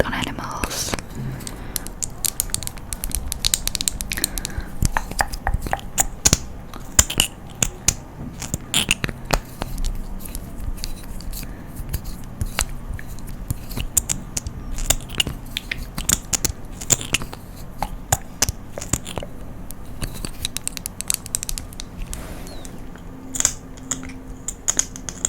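Close-up tapping and scratching on a fluffy microphone, dense irregular clicks throughout with soft rustling and a low hum underneath.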